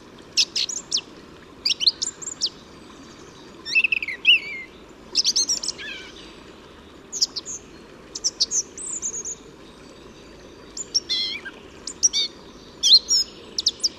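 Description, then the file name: Song thrush song with many distinct phrases, some downslurred whistles and clipped note clusters, spaced by pauses of a second or so, over light hiss. "Singdrossel Gesang"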